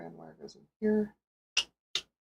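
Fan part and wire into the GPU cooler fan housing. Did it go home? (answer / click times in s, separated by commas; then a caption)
yes / 1.6 s, 1.9 s. Someone talks while reassembling a graphics card fan, routing the wire and pressing a fan part into its plastic housing in the GPU cooler. Two sharp snaps follow at 1.6 s and 2.0 s as the part drops in and snaps into place, seated.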